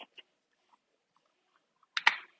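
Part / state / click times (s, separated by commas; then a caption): battery compartment door on a toy blaster / seated / 2.0 s, 2.1 s. The plastic battery compartment door of a DUOMY mini AKM47 toy gel ball blaster is pushed back on. After a few faint ticks and rustles, it snaps into place with sharp clicks at 2.0 and 2.1 seconds. A final knock follows near the end, and the door is seated.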